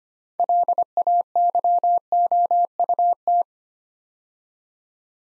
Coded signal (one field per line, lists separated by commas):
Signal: Morse code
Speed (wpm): 25 wpm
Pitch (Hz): 700 Hz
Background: none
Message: LAYOUT